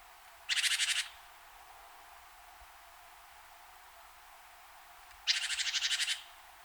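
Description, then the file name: Great tit scolding call: two dry, buzzy rattling bursts about five seconds apart, with quiet background hiss between them. "Parus major"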